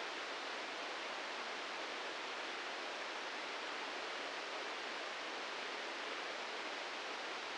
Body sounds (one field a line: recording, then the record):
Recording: brain microelectrode recording played as sound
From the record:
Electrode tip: outside the subthalamic nucleus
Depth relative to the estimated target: 3 mm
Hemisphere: right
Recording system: NeuroSet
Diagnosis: Parkinson's disease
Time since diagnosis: 15 years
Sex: male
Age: 65 years